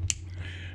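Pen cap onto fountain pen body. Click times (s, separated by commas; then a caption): 0.1 s. The cap of a Majohn N102 multifunction fountain pen/pencil, which has a cap seal, is pressed shut onto the pen's body. A single sharp, bright click sounds at 0.1 s over a steady low hum. The cap seats with a positive click.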